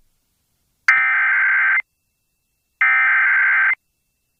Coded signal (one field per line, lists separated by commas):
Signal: Emergency Alert System (SAME) tones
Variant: header bursts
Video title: [EAS] WQDR - Tornado Warning Activation - 4/3/2024